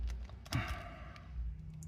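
A loose plastic limb peg is pushed back into an action figure's joint socket, with a few faint clicks before a sharp pop at 0.5 s as the joint seats. Quieter handling clicks follow, and the limb ends up seated firmly in the socket.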